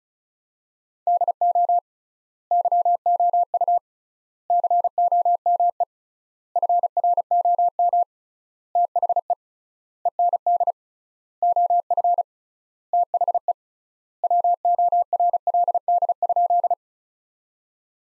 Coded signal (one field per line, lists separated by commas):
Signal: Morse code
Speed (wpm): 34 wpm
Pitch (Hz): 700 Hz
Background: none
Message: DO YOU COME FROM THE END OF THE WORLD?